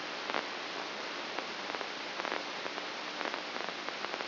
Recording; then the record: brain microelectrode recording played as sound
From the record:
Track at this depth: inside the subthalamic nucleus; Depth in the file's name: 3.232 mm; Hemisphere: left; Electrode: 2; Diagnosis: Parkinson's disease